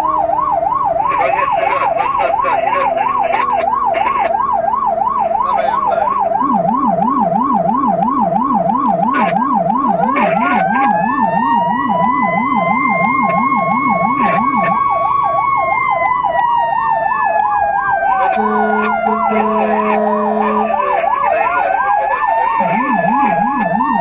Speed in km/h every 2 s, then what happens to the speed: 57, 60, 60, 61, 61, 63, 65, 67, 61, 52, 43, 41.
0-15 speeds up to 67. 15-20 brakes to 43.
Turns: none.